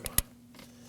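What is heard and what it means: The locking tab on the exhaust camshaft position sensor connector of a 2018-2024 Chevrolet Equinox 1.5L L4 is pushed down after the connector is seated. A faint tick at 0.1 s comes before a sharp, loud snap at 0.2 s, then only a low steady hum remains. The tab snaps down and the connector is seated.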